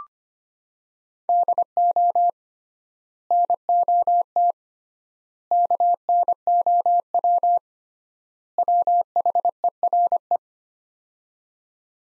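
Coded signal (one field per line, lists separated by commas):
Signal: Morse code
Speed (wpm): 25 wpm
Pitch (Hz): 700 Hz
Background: none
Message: DO NOT KNOW WHERE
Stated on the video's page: Morse practice of four-word sets at 25 wpm with 3x word spacing, a Farnsworth-like method; words sent in Morse, then spoken, then sent again.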